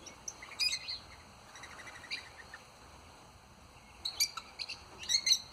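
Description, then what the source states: Parrot chatter: shrill, squeaky high-pitched notes in short bursts near the start and again toward the end, with quieter chirps between over a soft background hiss. Parrot chatter from the desert Southwest, heard in old-growth neighborhoods with established mesquite or palo verde trees, often heard before the birds are seen.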